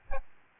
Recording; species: mosquito wingbeat signal from an infrared sensor; Aedes albopictus